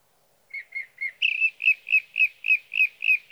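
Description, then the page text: Sage thrasher song, three softer notes and then a steady series of similar burry notes, about four per second. Male singing through the night near his night roost, evenings June 12 to mornings June 15, 2018, Sierra Valley, California; recorded with a Swift recorder. "Sage thrasher songs, through the night. For three nights, from the evening of June 12 to the morning of June 15, 2018, in Sierra Valley, California, I placed a Swift recorder near a male's night roost."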